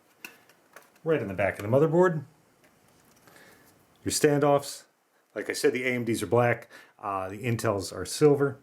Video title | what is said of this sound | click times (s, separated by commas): Corsair H100i GTX and H110i GT Installation Overview | your cooler, and backplate will just go snap into place | 0.2 s